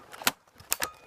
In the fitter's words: it pops back in,